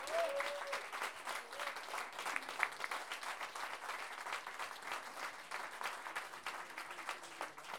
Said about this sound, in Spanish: Por eso les pido, por favor, un grandísimo aplauso para ellos.